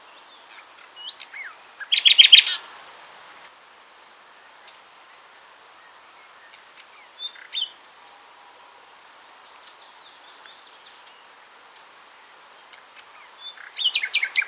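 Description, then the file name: Common nightingale song with a short, loud rapid burst, long quiet stretches of faint high chirps, and a louder repeated-note phrase at the close. "Luscinia megarhynchos"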